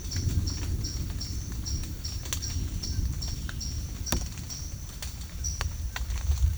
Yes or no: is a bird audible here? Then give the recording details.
no. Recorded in secondary vegetation near Puerto Asís, Putumayo, Colombia, on 9 March 2025 at 12:30. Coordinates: 0.499, -76.323. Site G094